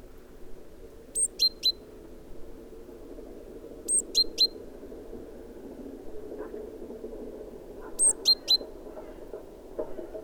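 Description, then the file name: Great tit calls: three bursts of sharp, thin, descending notes, each a quick triplet, spaced a few seconds apart over a soft background rumble. "Parus major"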